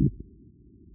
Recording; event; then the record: neck accelerometer signal played as sound; no cough (speech, laughter, throat clearing or background)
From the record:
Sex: male